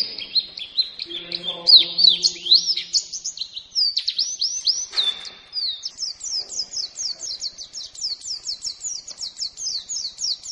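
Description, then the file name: White-eye song: varied sweeping whistles first, then a steady rapid stream of high twittering notes. White-eye from Lombok; recording used for training songbirds. "pleci lombok omkicau"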